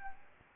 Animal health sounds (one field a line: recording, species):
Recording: mosquito wingbeat signal from an infrared sensor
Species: Aedes albopictus